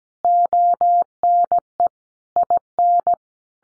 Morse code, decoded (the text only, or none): ONE IN